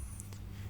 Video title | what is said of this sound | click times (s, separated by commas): Mercedes Sprinter Key battery how to replace easily yourself central locking batt 2019 on | Just give it a nice little slide. You'll see it's on two little bits of rails there, so give it a firm push and it'll click in. | 0.2 s